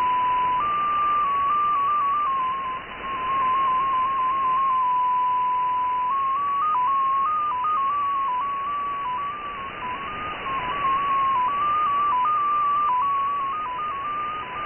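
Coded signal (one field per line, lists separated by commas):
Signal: numbers station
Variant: XPA2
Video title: XPA2 16338 USB 10-14-2018 1500z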